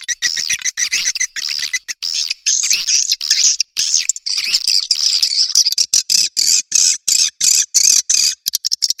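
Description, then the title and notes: Swiftlet chirping, a high twitter that is smooth at first and then breaks into separate quick pulses. Swiftlet sound from Asia, used in swiftlet farming to attract birds. "Swiflet Bird Sound. Farming Swiflet Bird asia sound"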